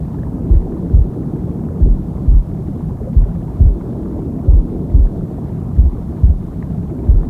Womb Sound with Heartbeat Deep Sleep.